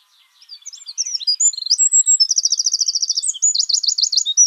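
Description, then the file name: Eurasian wren delivering a rapid, high-pitched song of sharp chips running into a fast rattling trill and ending with loud looping warbled notes. "Troglodytes troglodytes"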